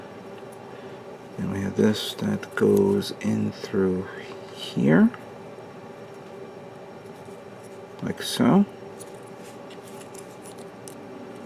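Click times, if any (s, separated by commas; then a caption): 10.9 s. Someone talks while pushing a small plastic part of a 1/144 HG Gundam Barbatos plastic model robot kit into its socket on the torso assembly. After a quiet stretch, a sharp, short click at 10.9 s marks the part snapping into place.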